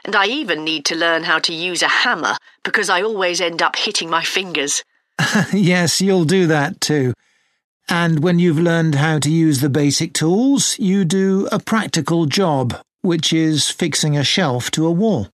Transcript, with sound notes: And I even need to learn how to use a hammer, because I always end up hitting my finger.
(Laughs) Yes, you’ll do that, too. And when you’ve learned how to use the basic tools, you do a practical job, which is fixing a shelf to a wall.